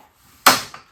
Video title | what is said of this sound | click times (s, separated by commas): Worx Pegasus Folding Workbench | And it's locked now in place, giving you that solid work surface. | 0.5 s